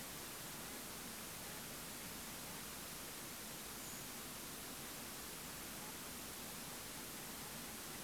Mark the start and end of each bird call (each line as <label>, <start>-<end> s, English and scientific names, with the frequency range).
Redwing (Turdus iliacus) (6.7-7.1 kHz), 3.82-4.00 s